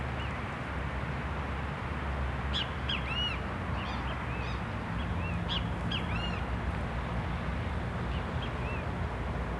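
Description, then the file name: Great kiskadee calls in a burst of repeated ringing arched notes from about two and a half to six and a half seconds, with a continuous low rumble beneath. Several birds recorded beside the lake in a city park in Brasília. "Passaros Bem-Te-Vi a Beira do Lago do Parque da Cidade de Brasilia"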